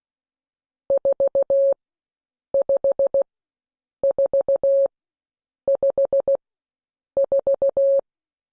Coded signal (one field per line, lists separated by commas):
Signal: Morse code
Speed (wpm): 16 wpm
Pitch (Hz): 550 Hz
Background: none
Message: 45454